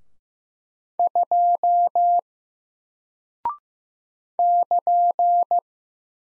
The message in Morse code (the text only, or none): 2 <KN>